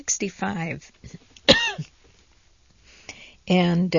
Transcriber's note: she coughs